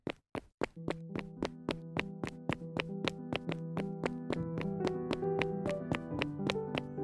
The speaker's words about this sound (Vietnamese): Tiếng bước chân của hai người phụ nữ dáng hình khá to béo đang thình thịch giữa công viên. Họ chạy bộ buổi sáng mới được 5 ngày.